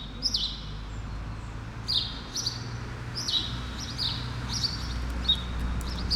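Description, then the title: Sparrow chirping, a string of downslurred notes after a short pause, over a low traffic drone. Sparrows on Rue Keyenveld, Ixelles, Brussels, Belgium, an urban street with cars and people passing; recorded with a Lom Usi Pro AB microphone pair into a Zoom F6. "Rue Keyenveld, Ixelles, Bruxelles-Capitale, Belgique - Sparrows - moineaux"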